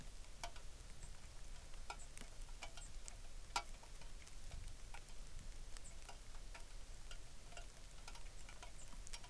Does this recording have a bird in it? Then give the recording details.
yes. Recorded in the Arctic National Wildlife Refuge, Alaska, on 3 August 2019. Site 33